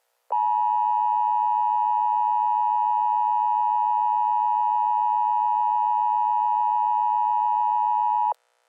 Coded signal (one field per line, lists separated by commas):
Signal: Emergency Alert System (SAME) tones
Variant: 853 and 960 Hz attention tone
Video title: EAS Scenario - Faces